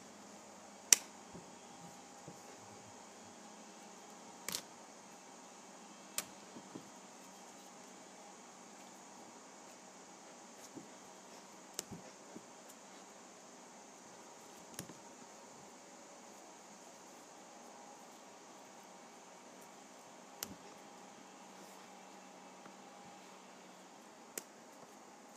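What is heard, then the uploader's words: Pages of a paper pad are flipped, each turn a brief, crisp snap rather than a long rustle. The snaps come irregularly, roughly every two to five seconds, over a steady, quiet hum with a faint tone running underneath throughout. Flipping Through a Pad of Paper.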